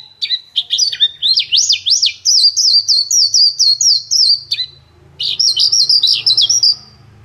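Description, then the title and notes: Bird song: high, rapid phrases of sharp up-and-down whistled notes, a short pause, then another fast varied phrase. Birdsong for training pet birds to sing. "Suara Burung. Suara Kicauan Burung untuk memaster burung kesayangan"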